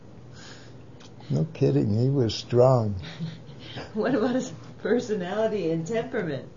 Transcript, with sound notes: Wow.
No kidding he was strong.
(laughs) What about his personality and temperament?